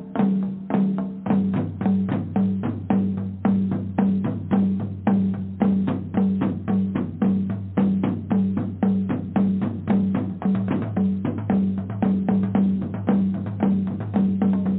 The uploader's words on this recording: DRUMMING SOUNDS,VIBRATION FREQUENCIES.